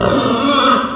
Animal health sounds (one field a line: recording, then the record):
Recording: squeal of a Yucatan mini pig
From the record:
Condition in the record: after surgery on the right vocal fold (resection and tissue-engineered implant)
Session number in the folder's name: 15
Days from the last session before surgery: 175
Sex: female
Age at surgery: 19 weeks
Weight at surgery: 25 kg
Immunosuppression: prednisolone